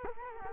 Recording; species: mosquito wingbeat signal from an infrared sensor; Culex quinquefasciatus